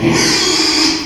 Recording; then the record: squeal of a Yucatan mini pig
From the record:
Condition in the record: after surgery on the right vocal fold (resection and tissue-engineered implant); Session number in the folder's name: 2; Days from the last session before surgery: 13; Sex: male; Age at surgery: 12 weeks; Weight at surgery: 13 kg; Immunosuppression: cyclosporine, prednisolone